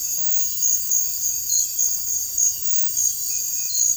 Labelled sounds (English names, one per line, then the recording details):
none
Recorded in dense forest near Puerto Asís, Putumayo, Colombia, on 20 February 2024 at 05:30
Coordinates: 0.484, -76.317
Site G6464